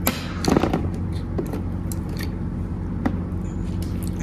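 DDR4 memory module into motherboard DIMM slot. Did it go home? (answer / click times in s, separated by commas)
yes / 0.1 s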